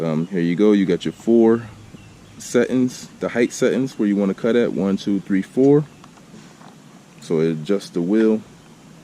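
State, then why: Not seated. Someone talks while handling the cutting-height adjustment lever on a Ryobi One+ cordless lawn edger, moving it among its four height settings, which lock into a detent so you know the edger is at the proper height. Nothing has seated or clicked into place yet by the end of the clip.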